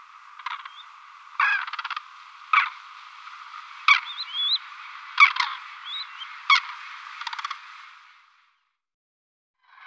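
Crane calls, scattered rattling trumpet notes with a few thin upslurred whistles over background calling, fading into silence before one last call.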